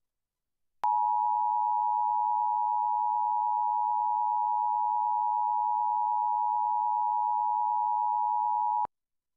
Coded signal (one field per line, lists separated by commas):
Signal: Emergency Alert System (SAME) tones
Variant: 853 and 960 Hz attention tone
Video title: Virginia Tornado Drills! 3/7/24 (EAS #953 - 957)